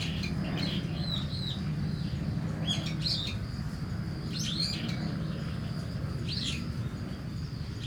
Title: Kiyosumi garden, Tokyo, Japon - Starling in a tree